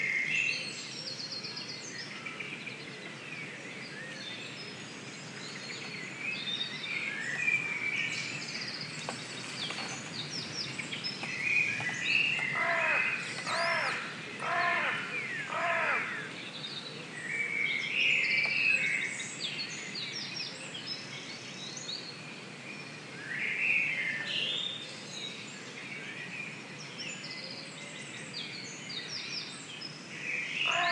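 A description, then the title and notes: A dawn chorus in Stroud: many birds sing and call at once, a dense layer of chirps, trills and whistles running the whole time. Around the middle, a series of harsher, crow-like caws stands out, over a steady low rumble beneath. Stroud dawn chorus. Just pure bird sound. Dawn chorus in Stroud recorded by Mike Bingham.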